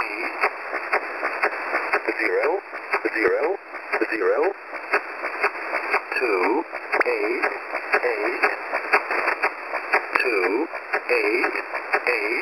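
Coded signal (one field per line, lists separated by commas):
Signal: numbers station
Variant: E07 English Man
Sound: male voice reading short, evenly spaced words through noisy shortwave radio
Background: radio static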